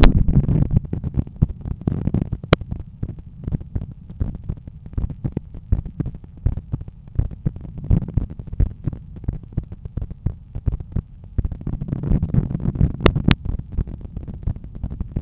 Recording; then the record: heart sounds by stethoscope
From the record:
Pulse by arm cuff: 85 bpm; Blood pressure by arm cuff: 120/76 mmHg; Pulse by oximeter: 85 bpm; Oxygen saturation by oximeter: 98%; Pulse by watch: 86 bpm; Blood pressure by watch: 114/75 mmHg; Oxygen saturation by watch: 99%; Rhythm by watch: sinus rhythm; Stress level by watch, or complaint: light headache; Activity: after breakfast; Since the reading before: after 2200 steps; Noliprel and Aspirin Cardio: after pills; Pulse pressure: 44 mmHg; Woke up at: 6:50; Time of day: 10:15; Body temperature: 36.5 C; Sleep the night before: 8 h 16 min, score 66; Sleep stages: REM 20%, light 64%, deep 6%, awake 10%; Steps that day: 6850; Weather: light rain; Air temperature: 18.2 C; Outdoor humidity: 90%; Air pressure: 1007 hPa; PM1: 3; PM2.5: 4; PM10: 6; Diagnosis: hypertension, treated with Noliprel and Aspirin Cardio 100 mg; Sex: male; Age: 53 years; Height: 174 cm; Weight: 81 kg